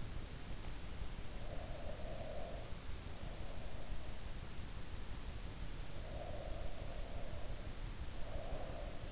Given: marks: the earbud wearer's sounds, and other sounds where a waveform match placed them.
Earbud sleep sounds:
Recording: sounds in sleep by an in-ear microphone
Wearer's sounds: breath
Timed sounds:
1.01-3.24 s: breath
5.87-9.12 s: breath

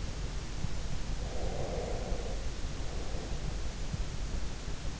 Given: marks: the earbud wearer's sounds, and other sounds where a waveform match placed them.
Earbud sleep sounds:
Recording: sounds in sleep by an in-ear microphone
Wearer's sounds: breath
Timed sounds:
1.40-3.41 s: breath

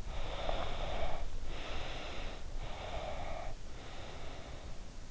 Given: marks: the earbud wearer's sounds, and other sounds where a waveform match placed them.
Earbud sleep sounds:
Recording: sounds in sleep by an in-ear microphone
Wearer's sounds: breath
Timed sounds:
0.14-4.73 s: breath

